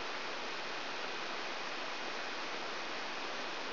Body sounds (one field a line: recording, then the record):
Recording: brain microelectrode recording played as sound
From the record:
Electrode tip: outside the subthalamic nucleus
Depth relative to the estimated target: 3 mm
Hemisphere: left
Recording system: AlphaMap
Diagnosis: Parkinson's disease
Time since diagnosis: 12 years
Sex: female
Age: 56 years